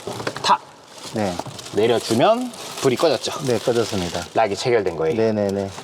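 On the van roof, the rooftop tent's latch handle is grabbed and pulled down after the tent has been lowered. The latch snaps closed with a sharp click at 0.3 s and is fastened. Someone talks throughout.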